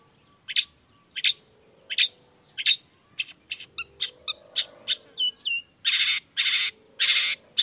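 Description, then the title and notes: Long-tailed shrike calling with spaced chirps that speed into a mix of clicks, whistles and harsh rasping bursts. Singing actively in the morning with 'toet toet' voice variations; meant to stimulate reluctant shrikes into joining the song quickly. "Cendet Gacor Dor Di Kala Pagi Toet Toet Variasi Suara J. Cendet Gacor Di Pagi Hari Rangsangan Emosi Cendet Malas Bunyi Supaya Secepatnya Ikutan Bunyi. Burung cendet"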